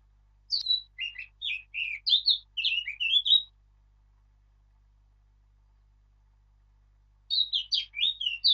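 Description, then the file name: Eurasian blackcap song: a phrase of varied fluty whistles and short slurred notes, a long pause, then a second rich warbling phrase begins. "Sylvia atricapilla"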